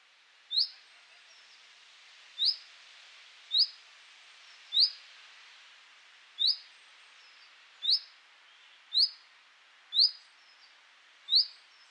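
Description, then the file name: Common chaffinch uttering loud, short, sharp notes, nine spread over twelve seconds at slightly uneven intervals, with soft background hiss throughout. "Fringilla coelebs"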